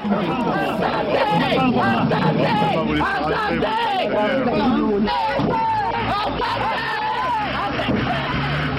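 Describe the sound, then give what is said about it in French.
A large crowd of local people boos and jeers Richard Roman as he is sent back to prison to await his trial, many overlapping voices shouting and hollering in a loud, continuous din with rising and falling cries, and traffic rumbling faintly underneath. “Il sort sous les huées, tous attendent désormais son procès.”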